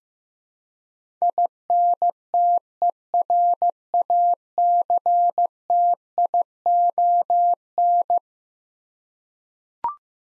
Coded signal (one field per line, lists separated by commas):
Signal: Morse code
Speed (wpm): 15 wpm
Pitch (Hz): 700 Hz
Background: none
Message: INTERACTION